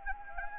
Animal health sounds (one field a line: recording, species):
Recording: mosquito wingbeat signal from an infrared sensor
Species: Anopheles gambiae